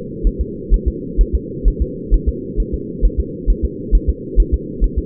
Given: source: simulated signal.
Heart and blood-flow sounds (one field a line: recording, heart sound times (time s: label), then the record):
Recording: fetal heart sounds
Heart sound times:
0.27 s: S1
0.41 s: S2
0.74 s: S1
0.88 s: S2
1.21 s: S1
1.35 s: S2
1.68 s: S1
1.82 s: S2
2.14 s: S1
2.29 s: S2
2.60 s: S1
2.74 s: S2
3.05 s: S1
3.20 s: S2
3.50 s: S1
3.65 s: S2
3.95 s: S1
4.09 s: S2
4.40 s: S1
4.54 s: S2
4.84 s: S1
4.98 s: S2
From the record:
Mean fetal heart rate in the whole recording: 135 bpm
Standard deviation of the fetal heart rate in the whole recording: 3 bpm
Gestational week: 36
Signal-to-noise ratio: -4.1 dB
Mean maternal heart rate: no maternal heart sound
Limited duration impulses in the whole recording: absent